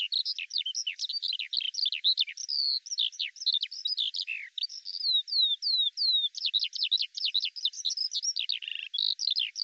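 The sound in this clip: Eurasian skylark song: rushing, jumbled high twitters and trills, broken midway by a few clear downslurred whistles before the torrent resumes.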